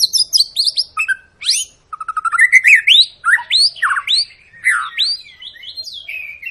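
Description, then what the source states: White-rumped shama singing a dense stream of sweeping whistles, trills and rising slurs, with one short pause. Long lure song of a singing white-rumped shama, played to prompt other birds to sing.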